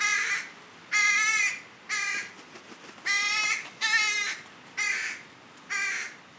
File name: Corvus corone